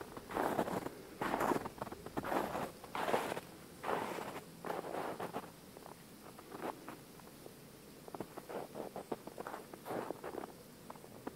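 Footsteps crunch through snow in a steady rhythm, loud and regular for the first five seconds, then softer and more scattered afterward.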